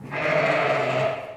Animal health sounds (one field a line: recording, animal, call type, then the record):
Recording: contact call of a hoofed animal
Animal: sheep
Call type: low-frequency (closed-mouth) or high-frequency (open-mouth) call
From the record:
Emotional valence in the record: negative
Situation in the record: short social isolation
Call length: 1.37 s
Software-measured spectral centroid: 1730 Hz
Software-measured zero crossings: 2090 a second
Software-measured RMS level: -24 dBFS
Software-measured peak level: -9 dBFS